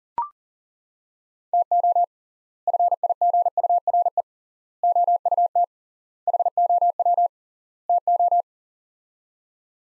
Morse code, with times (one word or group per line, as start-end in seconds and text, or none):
1.5-2.0 TO
2.7-4.2 FIGURE
4.8-5.6 OUT
6.3-7.3 HOW
7.9-8.4 TO